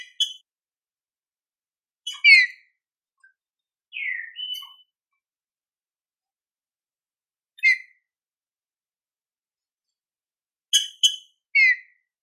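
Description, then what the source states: Green-winged saltator song: sparse bursts of clear whistled notes, including a longer downslurred whistle, with long silent gaps and a quick group of phrases near the end. Classic song style (canto clássico), used for training birds.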